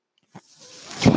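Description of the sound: A soft click, then a rising rush of air from a home mechanical ventilator pushing a breath.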